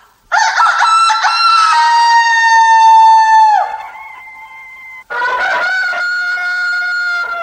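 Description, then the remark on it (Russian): A person loudly imitates a rooster's crow: one long, strained cock-a-doodle-doo that drops in pitch at the end, then a brief gap and a second crow, with no other voices. “И если бы я был петухом, я бы закукарекал. Ну и кукарекай, на здоровье.”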